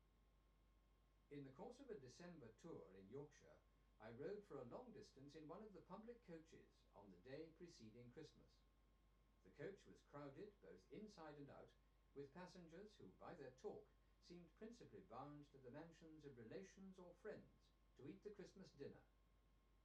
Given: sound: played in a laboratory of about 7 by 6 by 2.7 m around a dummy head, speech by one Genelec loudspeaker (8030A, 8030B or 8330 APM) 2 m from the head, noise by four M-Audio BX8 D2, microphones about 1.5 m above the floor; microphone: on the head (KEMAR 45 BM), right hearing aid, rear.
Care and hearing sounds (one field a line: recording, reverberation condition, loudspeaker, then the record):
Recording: male speech in English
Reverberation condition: low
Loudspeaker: 60 degrees to the left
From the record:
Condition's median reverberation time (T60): about 310 ms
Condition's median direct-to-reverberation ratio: about 3.5 dB